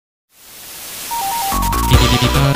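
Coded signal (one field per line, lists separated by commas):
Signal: none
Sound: beeps in a song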